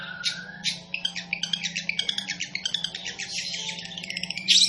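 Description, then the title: Long-tailed shrike song, softer rapid chattering and squeaky notes running together, with a steady low hum beneath. Singing bird described as 'gacor', a local term for a bird in full, vigorous song. "Cendet Gacor"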